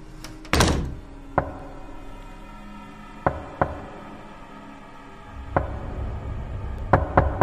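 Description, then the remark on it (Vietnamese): Sharp knocks on a wooden door on a cold night, from someone outside the room: a loud first blow, then scattered single raps and a quick pair, unevenly spaced, over a low, steady background rumble. No one speaks. “Có tiếng gõ cửa vang lên trong đêm lạnh toát.”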